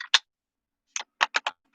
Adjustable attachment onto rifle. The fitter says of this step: here it click into place now we can press the button adjust it up and down